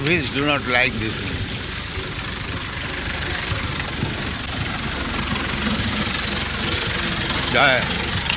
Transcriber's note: someone drives